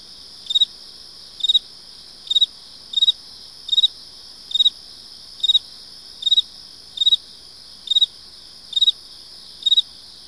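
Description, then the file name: Field cricket chirps, each a quick burst of pulses, repeating at a steady rate, with other crickets trilling continuously behind. Single cricket chirping close by, with other crickets audible in the background. "kevin boucher animals insects field cricket"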